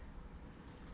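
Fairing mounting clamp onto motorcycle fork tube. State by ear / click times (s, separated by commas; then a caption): not seated / none. A fairing mounting clamp for a TCT MT gauntlet fairing is worked around the fork tube of a 2008 Sportster 883C motorcycle to lock it on. Only steady, broadband rumbling noise is heard throughout, with no sudden sounds. Nothing has clicked or locked yet, and the clamp has not snapped closed.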